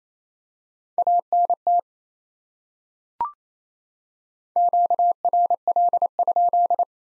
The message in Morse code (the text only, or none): ANT QRL?